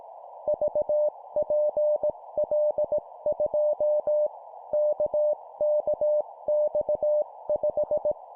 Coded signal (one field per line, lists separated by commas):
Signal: Morse code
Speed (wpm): 18 wpm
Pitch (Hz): 600 Hz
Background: none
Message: VPL2 KKX5